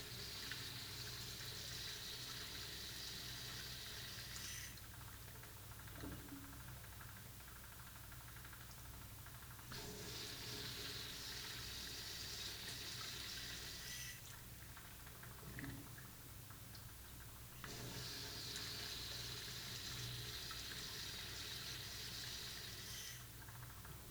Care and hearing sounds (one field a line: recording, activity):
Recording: daily activity, guitar pickup as the sensor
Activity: flush